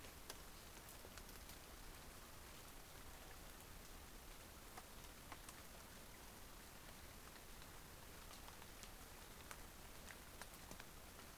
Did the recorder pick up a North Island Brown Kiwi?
no